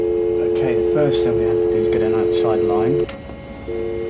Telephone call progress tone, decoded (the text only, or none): dial tone